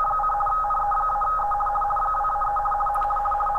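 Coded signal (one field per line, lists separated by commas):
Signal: RTTY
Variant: 50 baud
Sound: fast warbling two-tone chatter alternating between two close pitches, continuous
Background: radio static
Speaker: Et on contrôle ici qu'on soit en vitesse 50 baux. Et théoriquement, comme on le voit, le décodage se fait tout seul.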